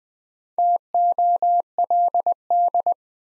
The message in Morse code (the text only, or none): TOLD